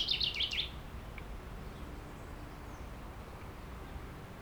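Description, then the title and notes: Common chaffinch giving one brief, high descending phrase at the start, followed by quiet low background noise. Singing in a tree while preening, Aix-les-Bains, France; faint stream in background. "30 Rue Eugène Fert, Aix-les-Bains, France - Pinson des arbres. Un pinson chante dans un arbre et je le vois faire sa toilette, une petite séquence différente de sa ritournelle habituelle, puis dérangé par un autre oiseau il s'envole"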